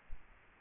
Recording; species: mosquito wingbeat signal from an infrared sensor; Aedes aegypti